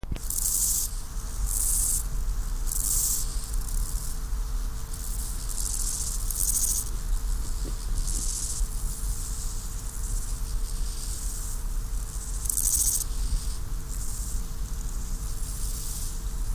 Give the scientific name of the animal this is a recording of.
Chorthippus dorsatus